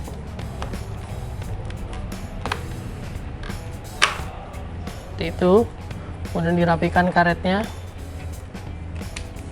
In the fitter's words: Sampai bunyi klik seperti